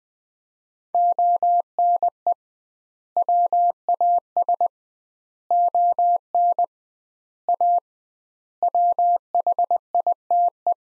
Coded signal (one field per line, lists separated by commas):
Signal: Morse code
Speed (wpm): 21 wpm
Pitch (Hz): 700 Hz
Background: none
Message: ONE WAS ON A WHITE